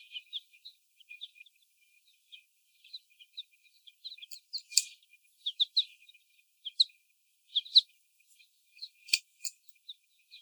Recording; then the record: young laying hens in a cage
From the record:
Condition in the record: before the stressor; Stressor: sudden umbrella opening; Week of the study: 1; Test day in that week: 1